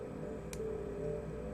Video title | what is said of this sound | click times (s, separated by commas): BOHEMIAN NECKLACE Using Filigree | so i am taking my chain nose and my round nose or whatever is easier for you and i wait till i hear the click | 0.5 s